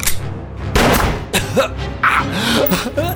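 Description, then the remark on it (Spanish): Several sharp, loud gunshots crack out at irregular intervals, three main bangs over a few seconds, mixed with grunting vocal sounds between them. “Parece que el camello te alcanzó en el hombro, pero tú eres diestro y te dio tiempo a dispararle un par de veces más.”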